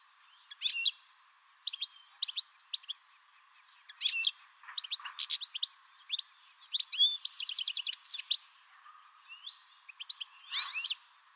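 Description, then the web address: Bird chirps and short trilled phrases in irregular scattered bursts, one rapid buzzy trill near the middle, over steady low background hiss. "Deverinetal"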